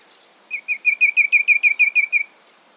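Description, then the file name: Ashy tit calling a fast run of about a dozen short whistled notes, evenly paced and slightly downslurred, in a quiet setting. "Golosa ptic - Pepelnaya sinica Melaniparus cinerascens"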